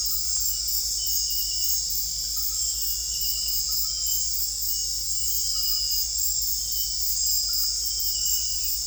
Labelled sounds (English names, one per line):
none